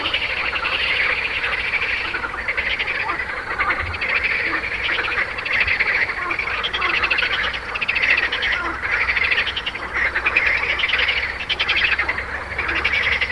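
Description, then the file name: Frogs in full chorus, continuous overlapping pulsed croaks that swell and dip slightly in loudness. "grenouilles"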